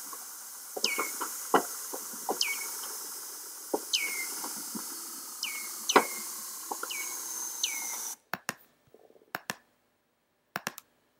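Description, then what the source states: Seal: several descending chirps mixed with sharp clicks, then the chirps stop, leaving scattered clicks in near silence. Antarctic seal.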